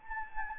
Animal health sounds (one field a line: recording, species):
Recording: mosquito wingbeat signal from an infrared sensor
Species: Anopheles gambiae